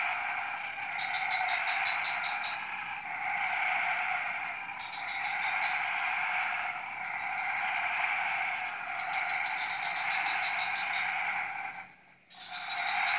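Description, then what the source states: Frogs calling in a thick steady chorus, overlaid by repeated short rattling pulse trains every few seconds, with a brief drop-out toward the end. Frog chorus recorded at 03:00 on Tuesday 14 February 2017 at Jalan Kolonel Sugiono No. 9, Kuala Kapuas, Central Kalimantan, Indonesia.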